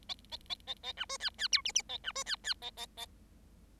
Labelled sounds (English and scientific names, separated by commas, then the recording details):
Bengalese Finch (Lonchura striata domestica) song
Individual Bird7